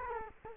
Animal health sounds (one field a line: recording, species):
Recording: mosquito wingbeat signal from an infrared sensor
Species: Culex quinquefasciatus